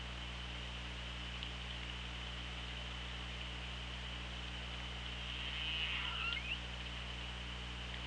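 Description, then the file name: Orca call underwater: a short burst of bending, whistle-like tones midway, with a fainter lower trace beneath, set against constant hiss and low droning hum. Hydrophone, underwater, 24 August 2017 at 16:03:43. "Orca Lab"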